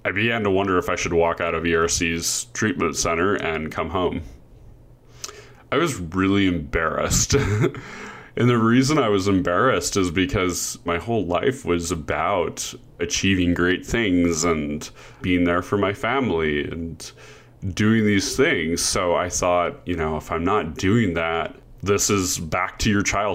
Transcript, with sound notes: I began to wonder if I should walk out of ERC's treatment center and come home. I was really embarrassed. [chuckles] The reason I was embarrassed is because my whole life was about achieving great things and being there for my family, and doing these things, so I thought, "If I'm not doing that, this is back to your childhood.